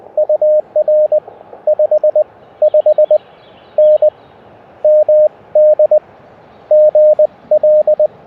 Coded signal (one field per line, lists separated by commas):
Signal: Morse code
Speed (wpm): 22 wpm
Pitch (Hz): 590 Hz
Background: none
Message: UR 55N MD GL